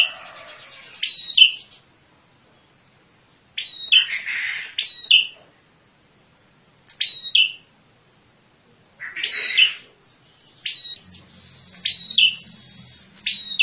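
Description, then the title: Prinia calls, scattered high sharp notes that drop quickly in pitch, in uneven bursts with silent gaps and a faint low hum late on. Lure call used for trapping birds; red-headed prinia, described as original and melodious. "Suara Pikat Prenjak Kepala Merah Asli Merdu"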